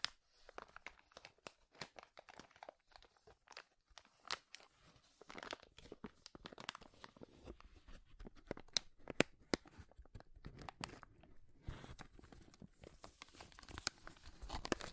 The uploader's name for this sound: Powerful Crinkles